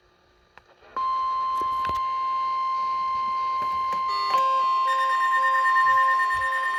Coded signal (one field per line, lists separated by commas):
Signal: Emergency Alert System (SAME) tones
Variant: 1050 Hz attention tone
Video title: MARGINAL MEYHEM III... EAS Alerts from 8/10/21 (EAS #578-605)